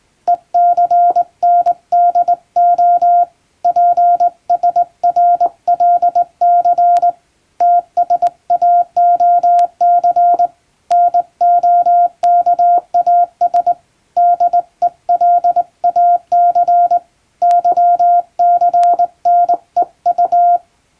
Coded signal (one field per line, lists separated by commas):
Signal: Morse code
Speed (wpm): 19 wpm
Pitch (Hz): 700 Hz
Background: none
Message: ECNDO PSRLC TSAOC NOKAS DELAC YCNEU